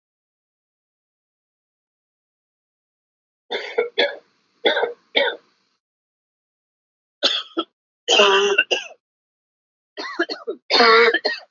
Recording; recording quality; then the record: heavy voluntary cough; excellent, no background noise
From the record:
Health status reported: healthy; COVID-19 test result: not tested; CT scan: not taken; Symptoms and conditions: none ticked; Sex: male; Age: 26 years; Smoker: no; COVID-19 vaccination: both doses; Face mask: worn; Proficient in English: yes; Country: India